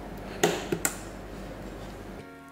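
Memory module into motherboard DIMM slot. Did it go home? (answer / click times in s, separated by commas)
yes / 0.4 s, 0.8 s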